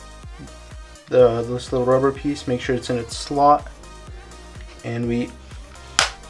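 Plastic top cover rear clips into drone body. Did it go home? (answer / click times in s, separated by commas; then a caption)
yes / 6.0 s. With music playing, someone talks while reassembling a DJI Spark drone after a GPS module replacement, first making sure a small rubber piece is seated in its slot. The plastic top cover's rear clips are then pressed into the drone body, giving a loud, sharp snap at 6.0 s as the last cover clips seat home.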